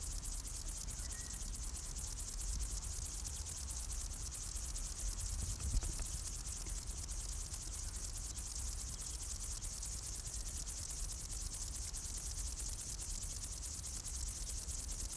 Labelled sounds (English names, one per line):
Upland Field Grasshopper stridulation